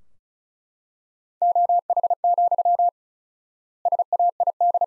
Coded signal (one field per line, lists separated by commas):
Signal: Morse code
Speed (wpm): 36 wpm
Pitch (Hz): 700 Hz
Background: none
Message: OH, SAID